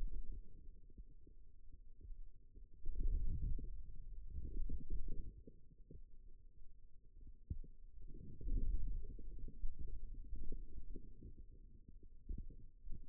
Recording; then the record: forearm muscle sounds (acoustic myography)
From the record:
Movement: wrist extension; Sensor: system 2, bracelet of six BSWA MPA416 microphones around the upper forearm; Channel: 4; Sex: male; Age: 22 years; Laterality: right